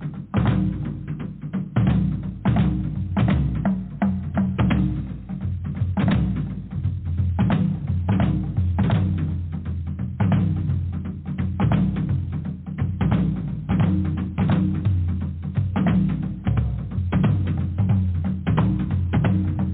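Drumming goes on without a break, a dense stream of quick, sharp strikes over deep, booming low tones that shift in pitch. The hits come fast and fairly evenly, the loudness stays steady throughout, and the sound is dull with little brightness on top.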